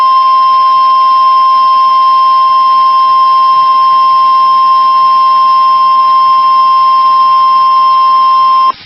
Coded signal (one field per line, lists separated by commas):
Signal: Emergency Alert System (SAME) tones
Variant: 1050 Hz attention tone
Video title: Tornado Warning West of Carthage Texas EAS #140